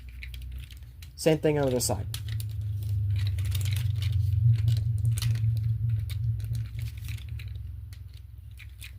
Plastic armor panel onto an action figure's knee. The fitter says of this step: And then you're going to collapse this over the knee until it locks into place. Like that.